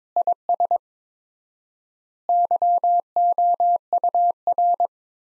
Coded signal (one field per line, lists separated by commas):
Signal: Morse code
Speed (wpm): 22 wpm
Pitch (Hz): 700 Hz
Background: none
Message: IS YOUR